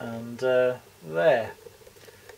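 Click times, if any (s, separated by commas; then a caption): 2.3 s. A hot air gun handpiece is pushed into its plastic holder clip, which is mounted under a desktop with two screws. Someone talks at first, then a single short click sounds at 2.3 s as the handpiece seats in the clip.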